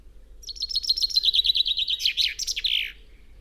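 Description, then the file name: Common chaffinch song: a single fast trill of descending notes breaking into a flourish at the end. "Fringilla coelebs"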